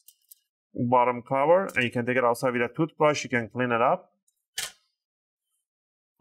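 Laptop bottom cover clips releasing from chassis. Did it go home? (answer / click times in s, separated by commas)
released / 0.1 s, 0.2 s, 0.3 s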